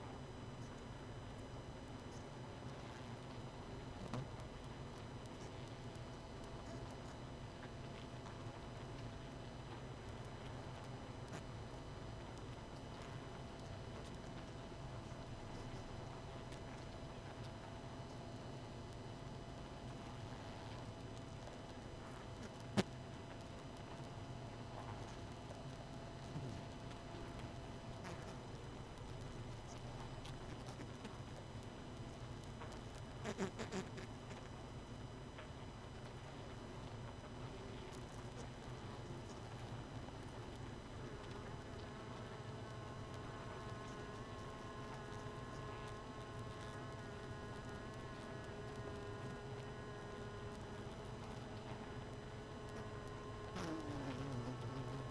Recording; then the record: honeybee colony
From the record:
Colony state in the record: missing queen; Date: 31 May 2018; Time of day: 22:18